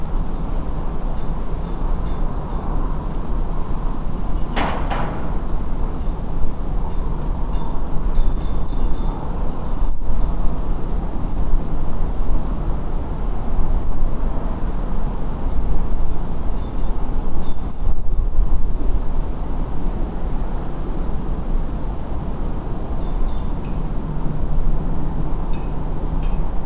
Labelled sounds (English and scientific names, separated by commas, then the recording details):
Redwing (Turdus iliacus)
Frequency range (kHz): Redwing (Turdus iliacus) 6.6-8.1 kHz
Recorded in France